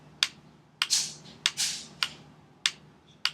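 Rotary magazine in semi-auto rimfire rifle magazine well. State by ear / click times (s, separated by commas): partly seated / 0.2 s, 0.8 s, 1.5 s, 2.0 s, 2.7 s, 3.2 s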